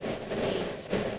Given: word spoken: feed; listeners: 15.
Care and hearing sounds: one English word in noise, from a listening test; noise modulated by three-talker babble; -7.9 dB; 0 of 15; 6 of 15; 0.79 s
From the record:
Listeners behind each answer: 6, 2, 1, 1, 1, 1, 1, 1, 1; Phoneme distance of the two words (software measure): 10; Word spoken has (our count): 1 syllable, 3 phonemes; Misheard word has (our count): 1 syllable, 3 phonemes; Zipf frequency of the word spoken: 4.69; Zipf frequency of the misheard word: 6.07

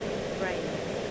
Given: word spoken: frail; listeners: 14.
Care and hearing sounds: one English word in noise, from a listening test; speech-shaped noise; -4.7 dB; 0 of 14; 6 of 14; 0.71 s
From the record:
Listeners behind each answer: 6, 2, 1, 1, 1, 1, 1, 1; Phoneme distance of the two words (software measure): 20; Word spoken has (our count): 1 syllable, 4 phonemes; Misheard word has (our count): 1 syllable, 4 phonemes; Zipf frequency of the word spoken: 3.26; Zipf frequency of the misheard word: 4.84

